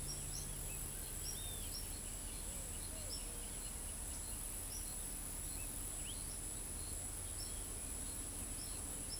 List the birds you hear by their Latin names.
Tyrannus melancholicus, Pitangus sulphuratus, Colinus cristatus